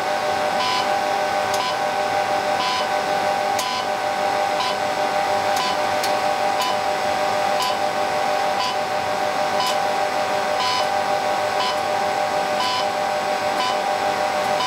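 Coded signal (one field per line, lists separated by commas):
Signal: radio time signal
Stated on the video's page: Beeps from a modified-DCF77 AM-coded 25 MHz time transmitter at a Finnish UTC laboratory during leap-second insertion.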